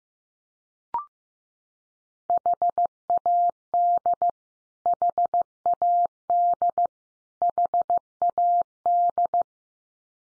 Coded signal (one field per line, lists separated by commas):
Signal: Morse code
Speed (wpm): 15 wpm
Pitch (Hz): 700 Hz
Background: none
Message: HAD HAD HAD